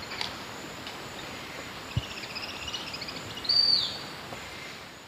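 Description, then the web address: Amazonian scrub flycatcher giving a clear, high whistled note after faint twittering notes, against a constant background hiss and occasional clicks. Calls, recorded in the eastern lowlands of South America. "Natures Songs S America Eastern Lowlands. Sublegatus obscurior, calls"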